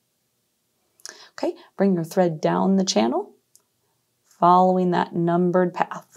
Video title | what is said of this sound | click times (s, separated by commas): How to Thread a Sewing Machine | Floss it back and forth- you will hear it click in. | 1.0 s